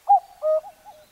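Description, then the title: Common cuckoo giving a single two-note cuck-oo, the first note higher and the second lower, followed by two faint trailing notes. Recorded at Zao, Japan. "朝の小鳥. 蔵王のカッコウ"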